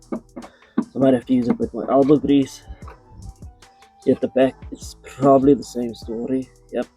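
Someone talks while handling a TEMU taillight on a VW Polo 9n/9n3/9n4/Vivo, pressing its plastic mounting tabs toward their holes in the car body as the tabs resist. Brief handling knocks and taps sound under the speech, the sharpest near 0.8 s. Nothing has seated or clicked into place yet.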